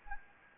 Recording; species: mosquito wingbeat signal from an infrared sensor; Anopheles gambiae